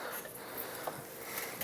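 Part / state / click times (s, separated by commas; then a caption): low-beam LED bulb wiring connector into ballast/harness plug / seated / 1.6 s. The low-beam CREE LED bulb lead on a 2018-20 Ford F150, fitted in place of the factory halogens, is pushed into its plastic ballast/harness connector. Low, steady background noise runs through the clip until a single short, sharp click at 1.6 s. The connector is seated.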